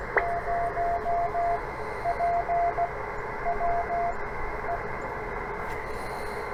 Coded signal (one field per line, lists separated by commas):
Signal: Morse code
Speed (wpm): 16 wpm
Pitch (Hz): 690 Hz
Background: none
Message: 0PWE